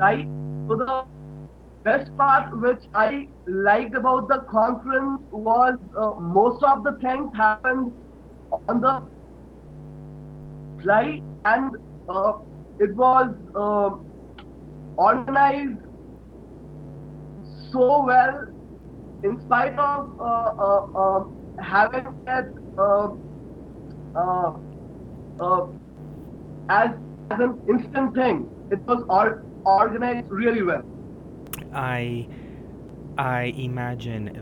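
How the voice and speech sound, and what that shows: Adult male Indian speaker who stutters, heard over a noisy, distorted internet call: long silent blocks, prolonged sounds and word repetitions ("as... as", "I... I"), typical of stuttering.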